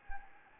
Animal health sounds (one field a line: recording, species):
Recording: mosquito wingbeat signal from an infrared sensor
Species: Anopheles gambiae